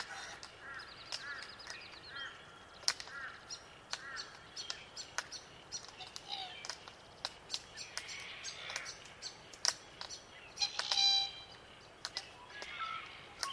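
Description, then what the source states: Glossy black cockatoo uttering brief squeaky chirps and a rasping burst, among many sharp snapping clicks over a hissing background. Soundscape of melodic glossy black cockatoo calls.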